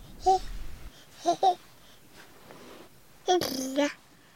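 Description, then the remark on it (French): A baby babbles in short bursts of high, sing-song syllables, three little clusters of cooing sounds with quiet pauses between, ending in a longer, brighter vocal stretch. “Maya Gracier, vous étudiez très précisément les premières vocalises du bébé.”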